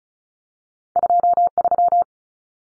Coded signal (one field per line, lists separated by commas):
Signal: Morse code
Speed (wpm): 34 wpm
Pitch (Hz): 700 Hz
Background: none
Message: 23